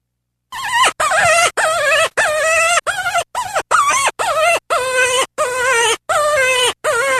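Cottontail rabbit squeals: a run of about twelve short, harmonic cries, several bending in pitch, following one another quickly.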